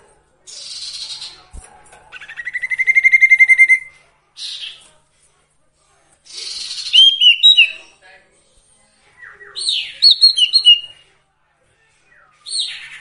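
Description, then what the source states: Sirtu song in varied bursts: a buzzy rising trill, short sharp notes, then several quick phrases of clear chirps separated by brief silences. Songbird training (masteran) with the full range of song variations.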